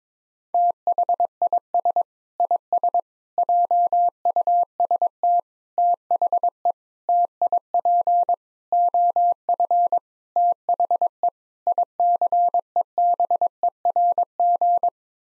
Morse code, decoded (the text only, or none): THIS IS JUST THE TIP OF THE ICEBERG